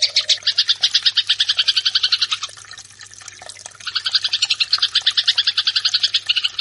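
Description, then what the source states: Eurasian tree sparrow giving rapid, buzzy chirps in a dense series, falling quiet for about a second midway before the fast chatter resumes. Recording intended for training birds in the fighting (tarung) song style; Indonesian name burung gereja.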